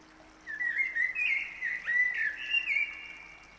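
Bird song: a continuous run of clear whistled, warbling notes that slide up and down, lasting a few seconds.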